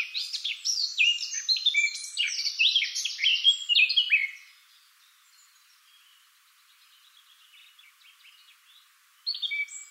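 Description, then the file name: Eurasian blackcap warbling for about four seconds in quick, tumbling notes, then a long quiet stretch with faint twitters, and a sudden short chattering burst at the end. "Sylvia atricapilla"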